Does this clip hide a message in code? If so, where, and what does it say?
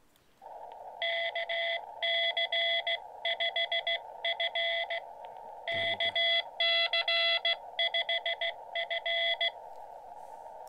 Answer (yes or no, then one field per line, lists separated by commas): yes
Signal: Morse code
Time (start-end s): 1.0-9.5 s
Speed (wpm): 16 wpm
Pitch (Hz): 2000 Hz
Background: none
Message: KC5F KC5F